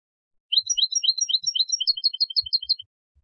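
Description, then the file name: European goldfinch delivering a single bright twittering phrase of quick, high chirps. "Carduelis carduelis"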